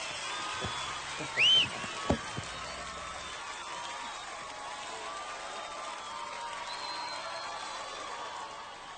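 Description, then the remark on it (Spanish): An audience applauds in a steady, even wash of clapping that lasts the whole stretch, with a brief rising whistle early on and a few scattered shouts mixed in. “¡Fuerte aplauso!”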